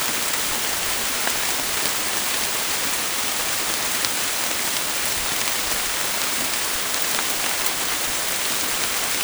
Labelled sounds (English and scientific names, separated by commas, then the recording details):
none
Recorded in dense forest near Puerto Asís, Putumayo, Colombia, on 29 June 2025 at 13:00
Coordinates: 0.503, -76.323
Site G059